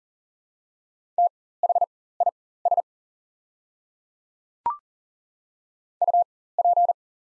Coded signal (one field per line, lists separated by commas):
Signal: Morse code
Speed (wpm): 40 wpm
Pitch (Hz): 700 Hz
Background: none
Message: THIS UP